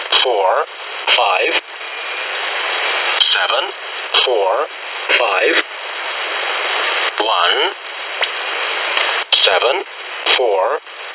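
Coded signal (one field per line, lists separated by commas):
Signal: numbers station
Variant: E07 English Man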